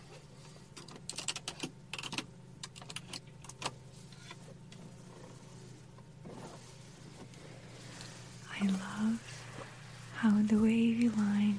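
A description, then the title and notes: Mechanism sounds: a steady low hum runs throughout, with a scatter of short clicks and taps in the first four seconds. After about eight seconds, brief bursts of voice-like sound rise, then a louder stretch from ten seconds to the end. Today let's test this TESLA model X for all the triggers and tingles we can take. Vehicle's Exterior - 08:35 (mechanism sounds).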